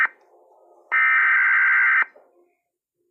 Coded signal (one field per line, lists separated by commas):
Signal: Emergency Alert System (SAME) tones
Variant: header bursts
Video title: un EAS histórico lluvias torrenciales y viento de 29 en el sur de chile😲